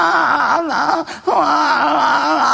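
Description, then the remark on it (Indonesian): A voice imitates a baby who has woken from sleep and cries while kicking its legs, with wavering, wailing cries in a high, strained pitch that rise and fall in pulses, broken by a brief gasp midway before the loud crying resumes. “Lah kok nglilir terus nangis to karo kerencal-kerencal sikile mancal-mancal.”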